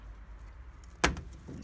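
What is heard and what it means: A replacement latch is pushed through a meter box door and clipped in, with one sharp, loud click at 1.0 s over quiet background noise and a few faint ticks around it. The latch clicks into place and is seated in the door.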